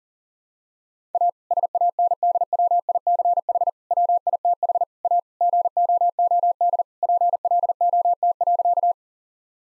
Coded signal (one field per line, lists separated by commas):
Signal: Morse code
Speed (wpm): 40 wpm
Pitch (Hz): 700 Hz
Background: none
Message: A SANDWICH WITH A GOOD PLOT.